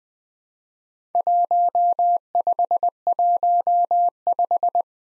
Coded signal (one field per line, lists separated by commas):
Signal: Morse code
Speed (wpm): 20 wpm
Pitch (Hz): 700 Hz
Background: none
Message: 1515